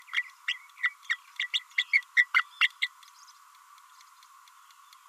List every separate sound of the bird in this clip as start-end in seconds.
0.47-0.58, 0.82-0.89, 1.09-1.17, 1.39-1.47, 1.53-1.60, 1.77-1.85, 1.92-2.02, 2.17-2.27, 2.34-2.45, 2.61-2.68, 2.81-2.88